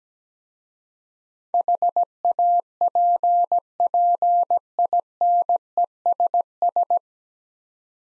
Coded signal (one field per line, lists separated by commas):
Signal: Morse code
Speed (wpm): 17 wpm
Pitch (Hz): 700 Hz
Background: none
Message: HAPPINESS